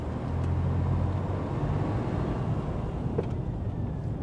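car driving

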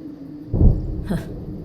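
rolling thunder

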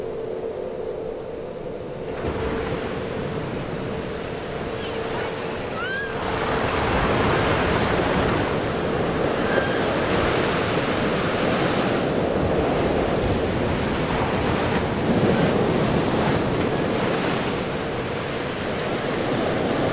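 sea waves and surf

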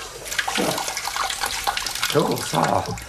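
water running

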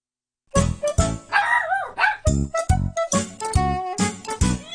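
dog barking

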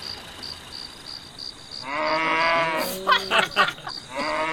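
cow mooing

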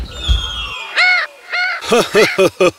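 parrot squawking

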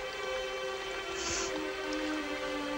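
rain falling

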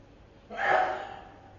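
someone sneezing

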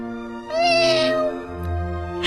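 kitten meowing

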